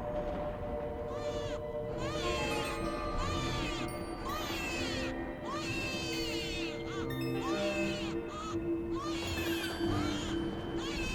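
A newborn baby cries shrilly inside a cold house, with a steady run of high, wavering wails that rise and fall one after another, loud and unbroken for the whole stretch.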